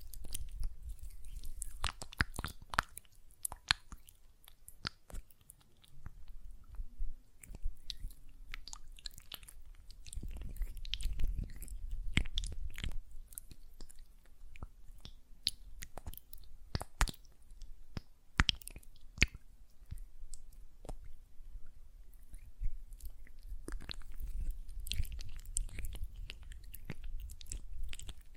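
Hands work gel lotion, producing a constant run of wet, sticky clicks and smacks that crackle across the whole length. The pops come in dense, irregular bursts, some sharp and bright, over a soft low rubbing that swells and fades throughout.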